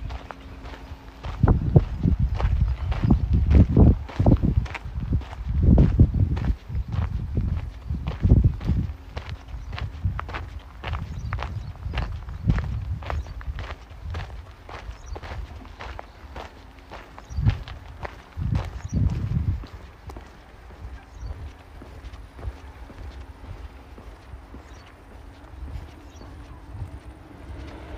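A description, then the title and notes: Footsteps of someone walking in Modiin, Israel, a quick, regular stream of sharp taps that runs through the whole recording, heavier and louder in the first twenty seconds. A low, steady hum sits underneath, with a faint tone holding throughout. City Park Sounds. Walking In Modiin, Israel.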